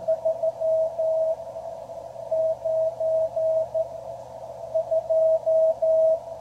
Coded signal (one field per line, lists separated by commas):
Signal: Morse code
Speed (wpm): 13 wpm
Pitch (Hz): 640 Hz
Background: none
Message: 392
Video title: Ham Radio - Review and demo of the QRP labs QCX transceiver kit.